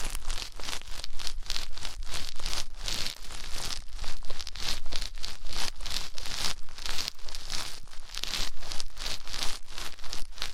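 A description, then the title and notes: Deep ear cleaning makes a dense, continuous run of scratchy crinkling and rustling, with quick strokes repeating several times a second for the full length. The scraping is bright and hissy, with a low rumble underneath, and it stays busy without pauses. ASMR INTENSE Deep Ear Cleaning (No Talking).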